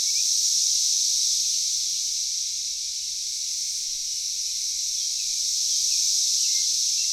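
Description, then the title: Cicada chorus, an unbroken high-pitched shrill drone rising and falling gently in loudness, with faint brief chirps of another insect or bird in the background. Cicadas in a backyard in Knoxville, Tennessee, USA. "Knoxville, TN 37920, USA - Backyard Cicadas"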